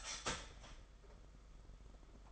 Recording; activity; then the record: daily activity, microphone in the room; start toaster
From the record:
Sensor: 5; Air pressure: 991.8 hPa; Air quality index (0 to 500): 166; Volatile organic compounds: 393 ppm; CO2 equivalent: 4660 ppm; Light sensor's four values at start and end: 32/109/40/43 and 32/109/40/43